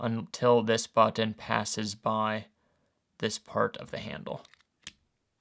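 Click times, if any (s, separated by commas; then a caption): 4.9 s. Someone talks while pushing the springy button on the sheath of an A. G. Russell Hunter Scalpel small fixed-blade knife until it passes the locking part of the handle. At 4.9 s a sharp click is heard as the knife comes free, released very easily from its spring button lock.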